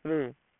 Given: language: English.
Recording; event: throat vibration sensor signal played as sound; speech